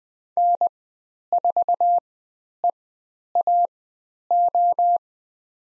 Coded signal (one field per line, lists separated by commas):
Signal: Morse code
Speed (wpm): 20 wpm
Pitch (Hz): 700 Hz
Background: none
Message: N4EAO